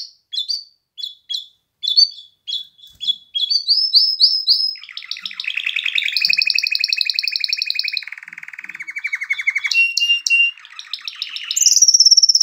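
Canary song opening with separate chirps, then long rolling trills at steady pitches, each section shifting higher or lower before a final bright whistled trill.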